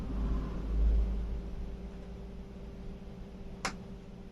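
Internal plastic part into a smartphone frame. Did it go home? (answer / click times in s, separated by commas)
yes / 3.6 s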